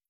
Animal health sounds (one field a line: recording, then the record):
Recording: hydrophone in a shrimp aquaculture tank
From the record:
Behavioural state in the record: feeding